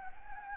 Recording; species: mosquito wingbeat signal from an infrared sensor; Anopheles gambiae